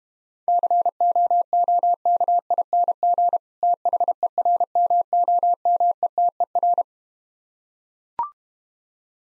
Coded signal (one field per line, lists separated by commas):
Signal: Morse code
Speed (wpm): 31 wpm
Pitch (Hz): 700 Hz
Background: none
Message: COOKING THERMOMETER